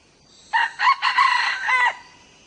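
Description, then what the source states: Red junglefowl crow, a hoarse broken phrase of short notes into a sustained closing note, lasting under two seconds, with a faint high insect tone. Young male crowing.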